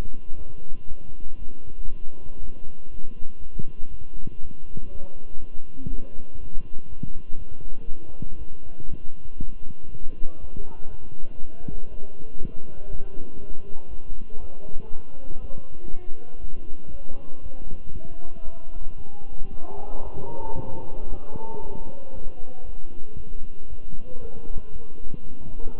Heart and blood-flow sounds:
heart sounds by stethoscope; between the tricuspid and mitral areas; 118 bpm
0.37 s: heartbeat
0.88 s: heartbeat
1.38 s: heartbeat
1.88 s: heartbeat
2.40 s: heartbeat
2.90 s: heartbeat
3.40 s: heartbeat
3.90 s: heartbeat
4.41 s: heartbeat
4.91 s: heartbeat
5.40 s: heartbeat
5.89 s: heartbeat
6.39 s: heartbeat
6.88 s: heartbeat
7.37 s: heartbeat
7.87 s: heartbeat
8.37 s: heartbeat
8.88 s: heartbeat
9.38 s: heartbeat
9.88 s: heartbeat
10.40 s: heartbeat
10.90 s: heartbeat
11.40 s: heartbeat
11.90 s: heartbeat
12.40 s: heartbeat
12.90 s: heartbeat
13.40 s: heartbeat
13.89 s: heartbeat
14.40 s: heartbeat
14.90 s: heartbeat
15.40 s: heartbeat
15.90 s: heartbeat
16.40 s: heartbeat
16.90 s: heartbeat
17.42 s: heartbeat
17.93 s: heartbeat
18.44 s: heartbeat
18.96 s: heartbeat
19.50 s: heartbeat
20.03 s: heartbeat
20.55 s: heartbeat
21.08 s: heartbeat
21.61 s: heartbeat
22.13 s: heartbeat
22.65 s: heartbeat
23.16 s: heartbeat
23.68 s: heartbeat
24.20 s: heartbeat
24.72 s: heartbeat
25.23 s: heartbeat
25.75 s: heartbeat
From the record:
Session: walking at 3.7 km/h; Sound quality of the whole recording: good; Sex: male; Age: 23 years

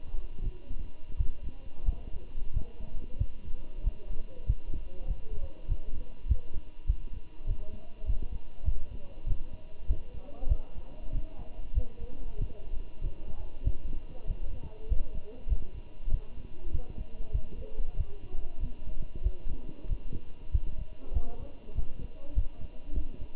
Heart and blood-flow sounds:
heart sounds by stethoscope; between the tricuspid and mitral areas; 96 bpm
0.43 s: heartbeat
1.17 s: heartbeat
1.86 s: heartbeat
2.54 s: heartbeat
3.19 s: heartbeat
3.84 s: heartbeat
4.47 s: heartbeat
5.08 s: heartbeat
5.69 s: heartbeat
6.29 s: heartbeat
6.87 s: heartbeat
7.47 s: heartbeat
8.07 s: heartbeat
8.66 s: heartbeat
9.27 s: heartbeat
9.88 s: heartbeat
10.49 s: heartbeat
11.13 s: heartbeat
11.75 s: heartbeat
12.39 s: heartbeat
13.02 s: heartbeat
13.64 s: heartbeat
14.28 s: heartbeat
14.89 s: heartbeat
15.49 s: heartbeat
16.11 s: heartbeat
16.72 s: heartbeat
17.33 s: heartbeat
17.97 s: heartbeat
18.61 s: heartbeat
19.24 s: heartbeat
19.89 s: heartbeat
20.52 s: heartbeat
21.14 s: heartbeat
21.76 s: heartbeat
22.35 s: heartbeat
22.95 s: heartbeat
From the record:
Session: walking at 3.7 km/h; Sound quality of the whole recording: good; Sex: male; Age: 23 years

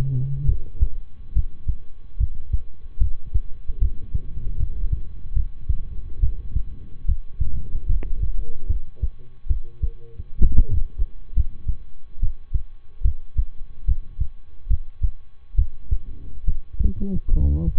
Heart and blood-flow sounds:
heart sounds by stethoscope; between the tricuspid and mitral areas; 71 bpm
0.45 s: heartbeat
1.32 s: heartbeat
2.16 s: heartbeat
2.97 s: heartbeat
3.78 s: heartbeat
4.56 s: heartbeat
5.33 s: heartbeat
6.19 s: heartbeat
7.05 s: heartbeat
7.86 s: heartbeat
8.66 s: heartbeat
9.46 s: heartbeat
10.40 s: heartbeat
11.33 s: heartbeat
12.18 s: heartbeat
13.01 s: heartbeat
13.84 s: heartbeat
14.67 s: heartbeat
15.55 s: heartbeat
16.43 s: heartbeat
17.30 s: heartbeat
From the record:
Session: rest, lying down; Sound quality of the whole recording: good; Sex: male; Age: 23 years

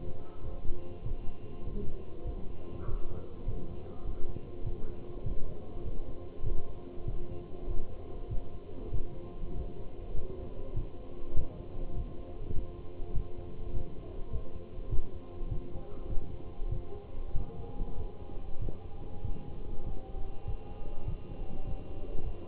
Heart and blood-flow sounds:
heart sounds by stethoscope; between the tricuspid and mitral areas; 99 bpm
0.45 s: heartbeat
1.06 s: heartbeat
1.67 s: heartbeat
2.27 s: heartbeat
2.88 s: heartbeat
3.48 s: heartbeat
4.06 s: heartbeat
4.66 s: heartbeat
5.26 s: heartbeat
5.85 s: heartbeat
6.46 s: heartbeat
7.08 s: heartbeat
7.69 s: heartbeat
8.31 s: heartbeat
8.94 s: heartbeat
9.56 s: heartbeat
10.16 s: heartbeat
10.76 s: heartbeat
11.37 s: heartbeat
11.96 s: heartbeat
12.56 s: heartbeat
13.15 s: heartbeat
13.75 s: heartbeat
14.33 s: heartbeat
14.92 s: heartbeat
15.51 s: heartbeat
16.10 s: heartbeat
16.72 s: heartbeat
17.36 s: heartbeat
17.98 s: heartbeat
18.62 s: heartbeat
19.24 s: heartbeat
19.86 s: heartbeat
20.47 s: heartbeat
21.08 s: heartbeat
21.67 s: heartbeat
22.25 s: heartbeat
From the record:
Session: walking at 3.7 km/h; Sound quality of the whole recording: good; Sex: male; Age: 27 years

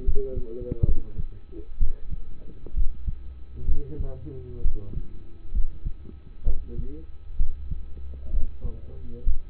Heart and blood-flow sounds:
heart sounds by stethoscope; between the tricuspid and mitral areas; 65 bpm
0.04 s: heartbeat
0.85 s: heartbeat
1.79 s: heartbeat
2.74 s: heartbeat
3.66 s: heartbeat
4.62 s: heartbeat
5.52 s: heartbeat
6.44 s: heartbeat
7.37 s: heartbeat
8.31 s: heartbeat
9.24 s: heartbeat
From the record:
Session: rest, lying down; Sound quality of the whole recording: partially saturated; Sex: male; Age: 27 years

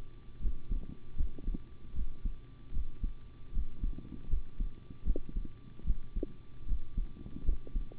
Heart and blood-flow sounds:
heart sounds by stethoscope; between the tricuspid and mitral areas; 77 bpm
0.40 s: heartbeat
1.15 s: heartbeat
1.93 s: heartbeat
2.72 s: heartbeat
3.52 s: heartbeat
4.28 s: heartbeat
5.04 s: heartbeat
5.84 s: heartbeat
6.66 s: heartbeat
7.44 s: heartbeat
From the record:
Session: rest, sitting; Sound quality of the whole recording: good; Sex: male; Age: 25 years

